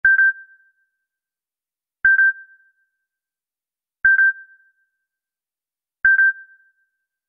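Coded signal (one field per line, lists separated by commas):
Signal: none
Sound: a phone ringtone's beeps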